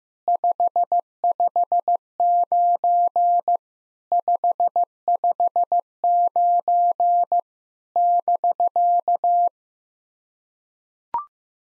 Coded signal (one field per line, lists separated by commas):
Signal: Morse code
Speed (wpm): 15 wpm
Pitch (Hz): 700 Hz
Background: none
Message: 559 559 <BK>